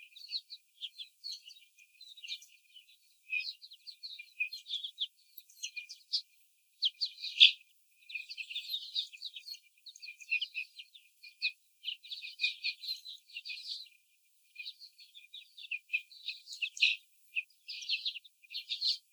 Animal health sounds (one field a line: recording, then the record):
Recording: young laying hens in a cage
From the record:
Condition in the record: before the stressor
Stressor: sudden umbrella opening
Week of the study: 3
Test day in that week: 2